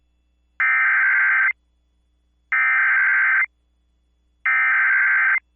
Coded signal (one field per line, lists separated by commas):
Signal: Emergency Alert System (SAME) tones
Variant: header bursts